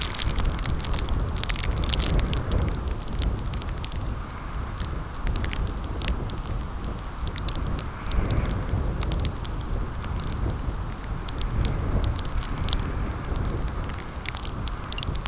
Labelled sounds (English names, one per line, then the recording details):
none
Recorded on Arctic tundra, site CORI-1, on 15 June 2018
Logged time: 12:00